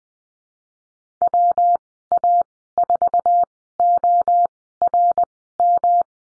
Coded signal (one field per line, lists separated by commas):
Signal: Morse code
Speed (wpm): 20 wpm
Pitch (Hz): 700 Hz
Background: none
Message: WA4ORM